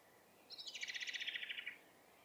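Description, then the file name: Common blackbird uttering a single rapid, harsh rattle of evenly pulsed notes lasting just over a second, with little else audible. "Turdus merula"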